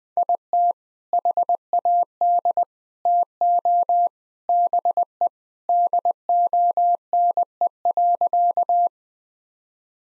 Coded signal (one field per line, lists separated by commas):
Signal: Morse code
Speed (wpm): 21 wpm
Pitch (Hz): 700 Hz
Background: none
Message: IT HAD TO BE DONE.